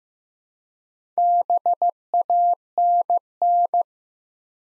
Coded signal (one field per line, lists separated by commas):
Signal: Morse code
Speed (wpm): 15 wpm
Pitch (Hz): 700 Hz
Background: none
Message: BANN